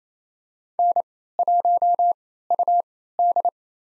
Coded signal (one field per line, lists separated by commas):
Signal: Morse code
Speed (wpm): 28 wpm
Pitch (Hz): 700 Hz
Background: none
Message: N1UD